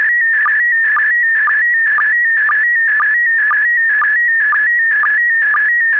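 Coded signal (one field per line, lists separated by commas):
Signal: SSTV (slow-scan television)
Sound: warbling tone around 2 kHz with a short low blip about twice a second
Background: radio hiss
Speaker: We bring you experiments with Slow Scan TV images, mostly photos, and also several kinds of data transmission using Fldigi. We have a show sending some data, mostly SSTV images.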